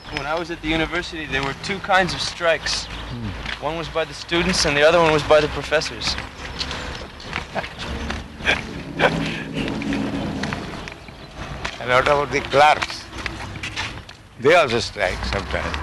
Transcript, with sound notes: When I was at the university, there were two kinds of strikes. One was by the students and the other one was by the professors.
[laughing] And what about the clerks? They also strike sometimes.